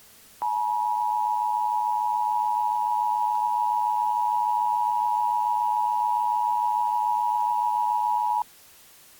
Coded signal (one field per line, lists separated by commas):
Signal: Emergency Alert System (SAME) tones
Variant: 853 and 960 Hz attention tone